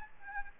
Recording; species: mosquito wingbeat signal from an infrared sensor; Aedes albopictus